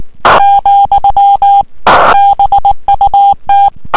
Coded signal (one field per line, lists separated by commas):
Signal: Morse code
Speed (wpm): 19 wpm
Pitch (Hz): 800 Hz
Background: music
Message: , BUT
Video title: 1426Z K3RA 18.093 CW 599 12-03-2011.